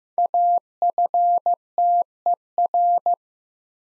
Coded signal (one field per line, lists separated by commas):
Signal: Morse code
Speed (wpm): 16 wpm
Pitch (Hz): 700 Hz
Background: none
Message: AFTER